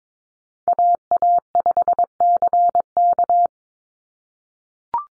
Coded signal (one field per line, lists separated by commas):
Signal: Morse code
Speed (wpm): 22 wpm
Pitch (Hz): 700 Hz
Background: none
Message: AA5CK